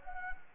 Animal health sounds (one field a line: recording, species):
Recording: mosquito wingbeat signal from an infrared sensor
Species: Anopheles gambiae